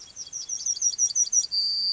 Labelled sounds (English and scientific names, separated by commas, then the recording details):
Yellowhammer (Emberiza citrinella) song
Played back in grassland
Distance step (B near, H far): C
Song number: 149